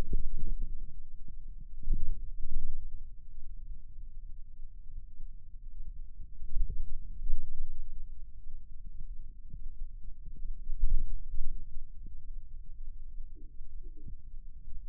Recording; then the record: forearm muscle sounds (acoustic myography)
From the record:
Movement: radial deviation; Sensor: system 2, bracelet of six BSWA MPA416 microphones around the upper forearm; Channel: 1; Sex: male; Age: 22 years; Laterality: right